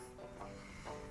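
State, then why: Not seated. A screw is handled in a screw-holding starter tool over steady background music, with a brief louder burst near 0.4 s. The clip ends before the tool's jaws snap onto the screw, so nothing has seated or clicked yet.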